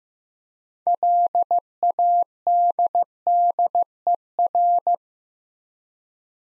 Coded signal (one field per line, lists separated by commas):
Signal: Morse code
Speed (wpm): 15 wpm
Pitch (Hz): 700 Hz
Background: none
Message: LADDER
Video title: Easy Words with Hints - 15wpm